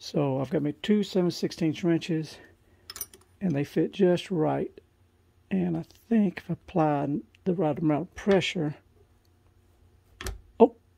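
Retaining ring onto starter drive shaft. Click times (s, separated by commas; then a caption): 10.2 s. A retaining snap ring on the drive shaft of a Honda Fit starter (31200-RB1-013, 31207-PCA-003), with the starter section held in a vise, is pressed into its groove using two 7/16 wrenches while someone talks. A few light metallic clinks sound around 2.9–3.2 seconds. A sharp snap at 10.2 seconds marks the ring seating in place, followed by a brief exclamation.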